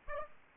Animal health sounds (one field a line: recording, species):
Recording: mosquito wingbeat signal from an infrared sensor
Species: Aedes aegypti